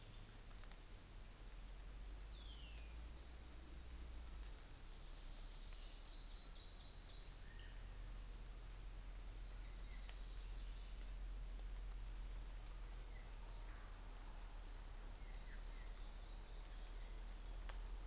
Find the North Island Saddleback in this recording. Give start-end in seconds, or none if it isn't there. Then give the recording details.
none. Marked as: faintness 5/5. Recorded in New Zealand on 24 December 2018. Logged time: 10:15